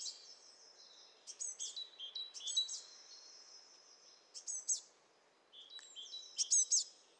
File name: Cyanistes caeruleus